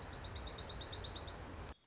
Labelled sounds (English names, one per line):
Dark-eyed Junco